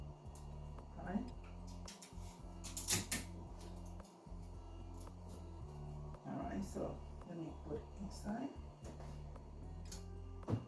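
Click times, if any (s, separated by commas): 9.9 s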